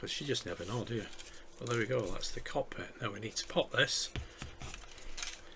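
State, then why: Seated. A plastic cockpit part of a Fanhomes Star Wars Millennium Falcon model (Stage 93) is pressed into its mount in the model hull while someone talks. Small handling taps follow, then a small sharp click at 5.2 s as the part seats in place.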